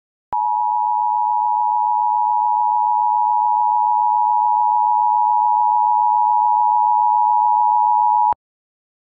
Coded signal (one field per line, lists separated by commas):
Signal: Emergency Alert System (SAME) tones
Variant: 853 and 960 Hz attention tone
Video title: Request: EAS 2 part CAE & LAE Scenario